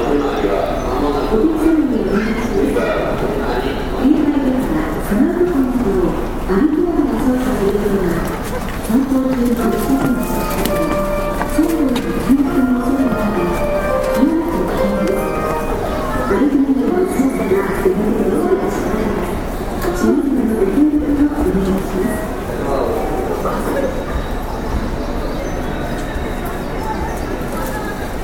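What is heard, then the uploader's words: Passengers on a local train on the Osaka Loop Line talk over one another in a steady, dense murmur of voices that runs the whole time. A soft low rumble sits underneath, and the chatter briefly thins near 16 and 20 seconds. JR西日本 201系 大阪環状線外回り 大阪から天王寺まで. It is running noise of 201 series trains of JR West Japan. I recorded on a local train at Osaka loop line. The section is from Osaka to Tennoji.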